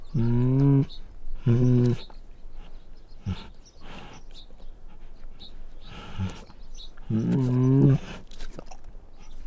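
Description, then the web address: Bengal tiger growls: three deep, harmonic, rasping bursts, two close together at the start and one near the end, with breathy snorts and scrapes between them. Male Bengal tiger, growling and snorting. "Sound Ideas Tigers Sound Effects"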